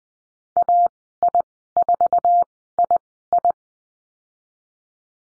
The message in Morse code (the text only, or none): AI4II